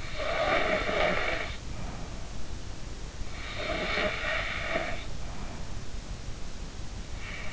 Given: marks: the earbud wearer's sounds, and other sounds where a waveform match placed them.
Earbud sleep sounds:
sounds in sleep by an in-ear microphone; snoring breath
0.00-2.31 s: snoring breath
3.57-5.46 s: snoring breath

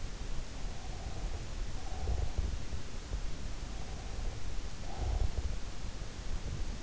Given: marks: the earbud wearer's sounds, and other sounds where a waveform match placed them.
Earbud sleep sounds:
sounds in sleep by an in-ear microphone; breath
0.65-2.76 s: breath
3.84-5.70 s: breath

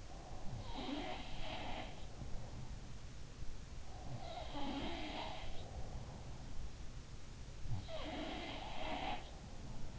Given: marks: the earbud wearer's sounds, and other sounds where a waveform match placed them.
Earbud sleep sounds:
sounds in sleep by an in-ear microphone; breath
0.00-0.97 s: breath
0.68-3.02 s: sound from someone else or the room
4.02-6.71 s: sound from someone else or the room
7.60-9.99 s: sound from someone else or the room

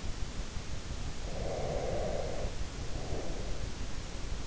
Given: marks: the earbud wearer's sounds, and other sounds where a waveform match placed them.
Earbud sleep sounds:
sounds in sleep by an in-ear microphone; breath
1.18-3.72 s: breath

